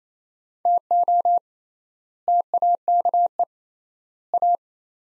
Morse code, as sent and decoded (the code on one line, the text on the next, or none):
- --- / - .- -.- . / .-
TO TAKE A